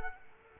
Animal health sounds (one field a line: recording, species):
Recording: mosquito wingbeat signal from an infrared sensor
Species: Culex quinquefasciatus